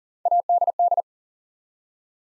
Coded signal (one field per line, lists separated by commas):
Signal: Morse code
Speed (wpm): 38 wpm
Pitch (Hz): 700 Hz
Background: none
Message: ADD